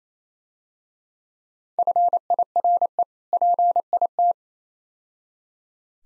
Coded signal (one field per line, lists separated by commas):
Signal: Morse code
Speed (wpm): 34 wpm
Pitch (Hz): 700 Hz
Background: none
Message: FIRE PIT